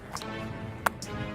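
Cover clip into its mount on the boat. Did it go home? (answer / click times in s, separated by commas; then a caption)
yes / 0.9 s. A boat cover clip at the rear of a 2003 Rinker 270 Fiesta Vee is fastened into its mount over background music, locking into place so it will not come off in the wind. A sharp click at 0.9 s marks the clip seating, with a few fainter ticks around it.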